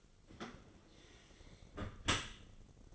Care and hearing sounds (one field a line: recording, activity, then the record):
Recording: daily activity, microphone in the room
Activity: close dishwasher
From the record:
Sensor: 4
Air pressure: 1003.9 hPa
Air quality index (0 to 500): 153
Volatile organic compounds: 2 ppm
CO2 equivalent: 1092 ppm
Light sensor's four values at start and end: 28/69/29/31 and 28/67/28/30